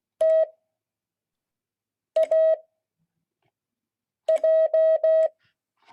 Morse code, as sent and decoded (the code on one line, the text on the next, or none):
- .- .---
TAJ